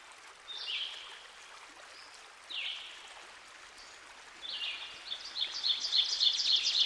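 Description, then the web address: Ovenbird song: after a few lone high chirps, a rapid string of repeated notes grows louder to the end. Recorded by a stream. "Dan Gibson Songbirds By The Stream. Ovenbird"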